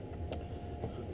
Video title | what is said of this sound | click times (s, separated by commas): Blademan's 4105 Folding Wayfarers | tuck it in at the nose and there we go it snaps right in | 0.3 s